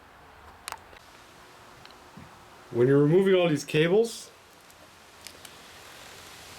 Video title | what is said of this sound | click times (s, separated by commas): Valve Adjustment 2010 Honda Stateline VT1300CRA | it just snaps right off | 0.7 s